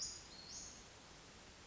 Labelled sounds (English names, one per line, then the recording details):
Western Flycatcher
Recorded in Sonoma County, California